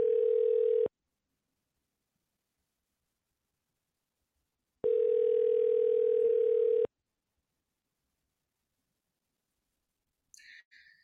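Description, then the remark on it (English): A telephone ringback tone sounds while waiting for an answer: a steady, buzzy, mid-low tone that rings in bursts separated by long silences, followed by a faint brief click at the end. “Slack, wake up and answer the phone, please.”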